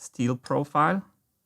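Someone talks briefly while a designed P1 snap-fit part is handled against a steel profile, about to be pushed onto it. Only speech is heard, with no clicks. The part is not yet home, and nothing has seated or clicked yet.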